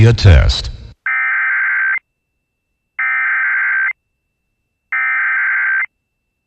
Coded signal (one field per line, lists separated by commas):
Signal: Emergency Alert System (SAME) tones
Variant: header bursts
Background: speech